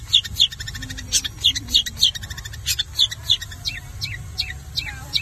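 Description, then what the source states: Long-tailed shrike song: sharp high chirps and whistled notes in quick, uneven series. Song in the 'kombinasi' (combination) style.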